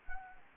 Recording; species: mosquito wingbeat signal from an infrared sensor; Anopheles gambiae